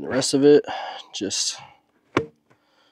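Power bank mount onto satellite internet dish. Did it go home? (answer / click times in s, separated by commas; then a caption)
yes / 2.2 s. Someone talks, then a battery-and-mount unit is pressed onto the underside of a small satellite internet dish. A sharp plastic snap at 2.2 s shows it has seated, followed by a faint tick at 2.5 s.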